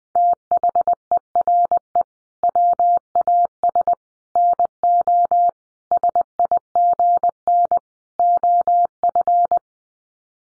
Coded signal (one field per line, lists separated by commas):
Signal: Morse code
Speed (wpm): 20 wpm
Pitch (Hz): 700 Hz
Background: none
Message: THERE WAS NO SIGN OF